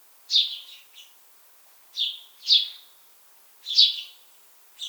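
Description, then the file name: House sparrow calls: a few loud chirps separated by short silences, each note broad and slightly buzzy. "Passer domesticus"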